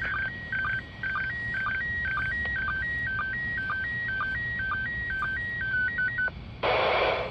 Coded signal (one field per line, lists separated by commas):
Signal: SSTV (slow-scan television)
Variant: PD 120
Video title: International Space Station SSTV event received with Realistic PRO-43 scanner radio